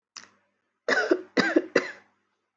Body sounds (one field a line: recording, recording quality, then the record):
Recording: shallow voluntary cough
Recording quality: excellent, no background noise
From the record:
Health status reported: healthy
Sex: female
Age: 18 years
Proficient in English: yes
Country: India